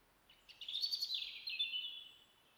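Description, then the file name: European robin song: a rapid series of thin notes running into a sweet warbling phrase that fades downward. "Erithacus rubecula"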